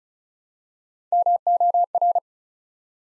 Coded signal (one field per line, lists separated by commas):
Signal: Morse code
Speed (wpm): 36 wpm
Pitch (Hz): 700 Hz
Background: none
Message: MOR